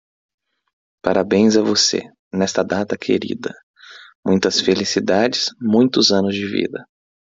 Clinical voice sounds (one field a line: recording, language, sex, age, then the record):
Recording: short text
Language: Brazilian Portuguese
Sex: male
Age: 20 to 29 years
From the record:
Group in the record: control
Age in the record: 24 years